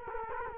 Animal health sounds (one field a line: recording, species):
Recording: mosquito wingbeat signal from an infrared sensor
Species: Culex quinquefasciatus